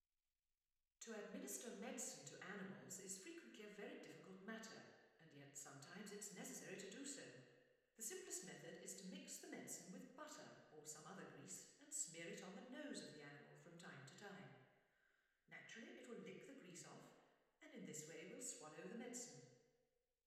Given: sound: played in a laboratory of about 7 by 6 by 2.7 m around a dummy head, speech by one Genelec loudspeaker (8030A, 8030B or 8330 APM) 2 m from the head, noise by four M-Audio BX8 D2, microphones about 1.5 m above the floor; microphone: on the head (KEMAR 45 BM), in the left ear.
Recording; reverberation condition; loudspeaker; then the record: female speech in English; high; 120 degrees to the left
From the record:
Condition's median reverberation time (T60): about 1300 ms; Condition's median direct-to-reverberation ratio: about -4.0 dB